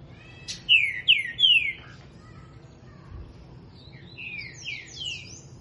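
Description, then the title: Green-winged Saltator song: three loud, slurred whistles sliding downward in quick succession, then a softer run of shorter descending whistled notes after a pause. Heard singing a lot in the morning; the song style is labelled 'voz 10'. "Canto De Trinca Ferro Voz 10"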